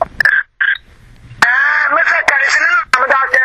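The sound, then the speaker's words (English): A mobile phone rings with a bright, melodic electronic ringtone, steady sustained tones broken by a few short pauses, fairly loud throughout. “Sorry, oh, sorry, my phone on ring.”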